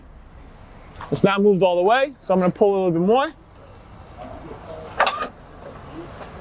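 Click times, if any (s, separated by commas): 5.0 s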